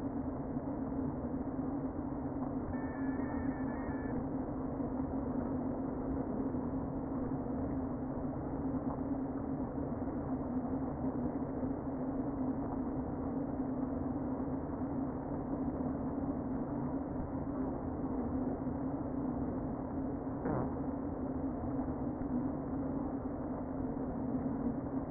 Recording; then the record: honeybee colony, microphone inside the hive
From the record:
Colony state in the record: queen present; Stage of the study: before two queens were removed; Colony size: about 60,000 bees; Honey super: yes